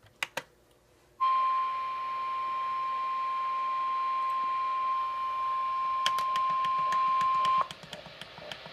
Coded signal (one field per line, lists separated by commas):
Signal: Emergency Alert System (SAME) tones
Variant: 1050 Hz attention tone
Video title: Tornado Warning - EAS #376